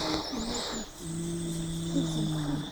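A dog snoring, a gentle snore.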